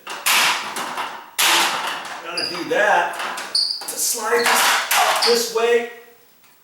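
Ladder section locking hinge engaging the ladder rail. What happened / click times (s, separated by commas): The ladder section is being slid but has not locked yet / none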